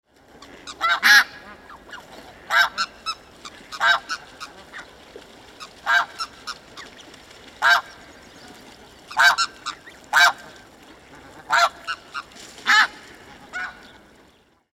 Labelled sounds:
Snow Goose
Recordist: Tembrock, Günter
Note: Rufe einer Gruppe

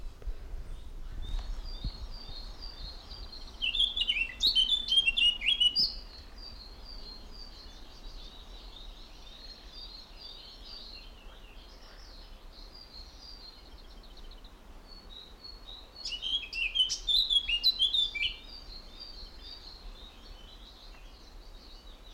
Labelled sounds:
Eurasian Blackcap
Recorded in the wild
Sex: male
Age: adult
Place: Mühlenbeck, am Tegeler Fließ, Brandenburg, DE
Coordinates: 52.596, 13.282
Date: 1992-05-31 10:25
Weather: sonnig, 22-25 °C
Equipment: Marantz CP 430, Sennheiser ME 80, K 30 AV, Kopie Tesla B 116
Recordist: Tembrock, Günter

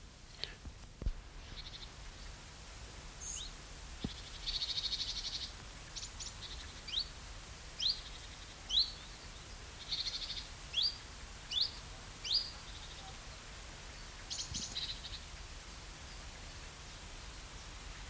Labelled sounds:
Common Chiffchaff
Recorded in the wild
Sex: male
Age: adult
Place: Treuchtlingen, Naturpark Altmühltal, Bayern, DE
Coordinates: 48.96, 10.91
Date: 1993-09-19 11:23
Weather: 13,5°C, Sonnig
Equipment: Marantz CP 430, Sennheiser MKH 416 T, Kopie Uher Variocord 263
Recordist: Tembrock, Günter

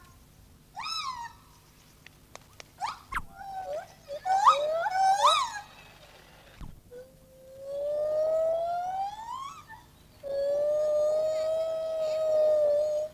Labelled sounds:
Lar Gibbon
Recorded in captivity
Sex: pair
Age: adult
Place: Tierpark Berlin, Berlin, DE
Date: 1986-10-04
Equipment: Nagra SN, Kopie Uher 4000 Report Monitor
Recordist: Tembrock, Günter

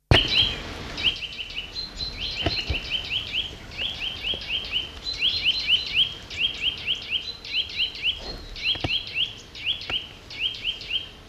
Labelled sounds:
Eurasian Nuthatch song
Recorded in the wild
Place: Locarno, Tessin, CH
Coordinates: 46.1872, 8.7925
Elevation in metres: 1035
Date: 1978-03-10
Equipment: Uher 4000 Report
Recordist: Tretzel, Erwin

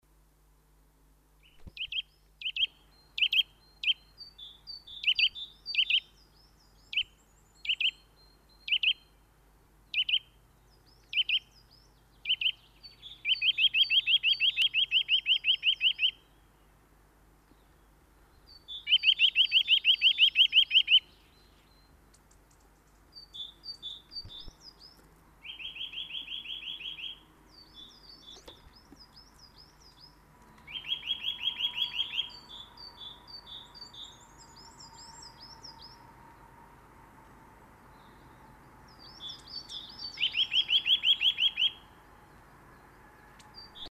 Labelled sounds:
Eurasian Nuthatch song
Coal Tit
Great Tit
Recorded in the wild
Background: Periparus ater, Parus major
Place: Oberstdorf, Bayern, DE
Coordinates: 47.4244, 10.2572
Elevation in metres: 880
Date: 1976-04-04
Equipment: Nagra IV, Sennheiser MKH 405, Parabolreflektor
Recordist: Tretzel, Erwin
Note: Wasachgebiet, Oberstdorf: Balztriller

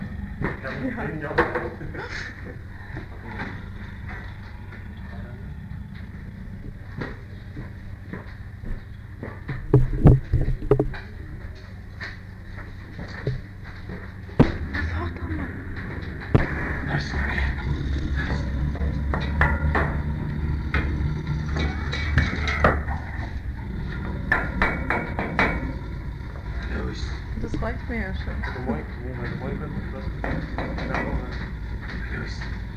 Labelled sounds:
Tiger
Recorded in captivity
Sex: male
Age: adult
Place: Tierpark Berlin, Berlin, DE
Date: 1959-07-28
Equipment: Smaragd
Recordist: TSA
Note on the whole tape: Satan: Fauchen, Grollen und Knurren. Abstand 2 m. Aufnahmezeit: 7.15-8.30 Uhr

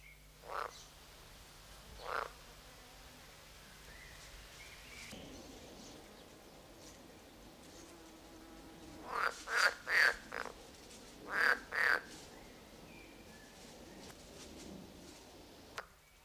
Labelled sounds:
Edible Frog
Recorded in the wild
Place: Lübars, Benekendorffstraße, Berlin, DE
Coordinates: 52.6167, 13.3469
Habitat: Gartenteich
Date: 2004-05-31 13:18
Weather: sonnig, 23°C
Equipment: Sony WM-D6C, Sennheiser ME 80, Kopie Uher 4000 Report Monitor
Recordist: Tembrock, Günter

